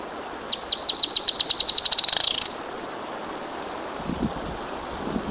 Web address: cantos lenatero